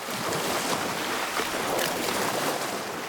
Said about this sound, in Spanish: Las olas arrastran suavemente al animal mar adentro.